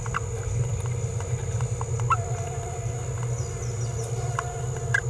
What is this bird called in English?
Green-rumped Parrotlet